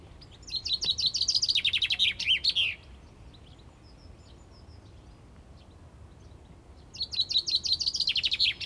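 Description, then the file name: Common chaffinch song: a rapid, descending run of bright chipping notes lasting about two seconds and ending in a flourish, with a second phrase starting near the end; faint high notes between. "Fringilla coelebs"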